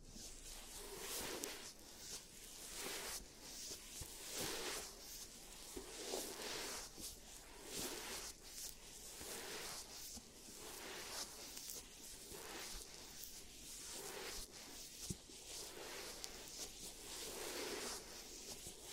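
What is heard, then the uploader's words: Bright scraping and brushing strokes of a mock teeth treatment repeat every second or two, with soft clicks between them. Giant Teeth Treatment, Fixing Your Cavities.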